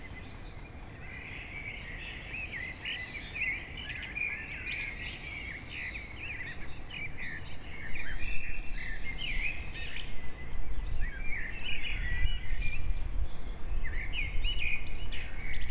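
Birds sing in the morning, a dense overlapping chorus of bright chirps and trills that runs without pause throughout. A low, steady rumble sits underneath, growing louder after about eight seconds, with the birdsong slightly stronger in the later half.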